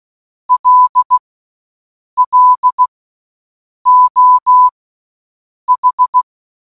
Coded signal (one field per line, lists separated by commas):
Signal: Morse code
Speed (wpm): 16 wpm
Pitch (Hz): 1000 Hz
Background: none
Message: LLO H